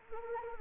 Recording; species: mosquito wingbeat signal from an infrared sensor; Anopheles arabiensis